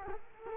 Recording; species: mosquito wingbeat signal from an infrared sensor; Culex quinquefasciatus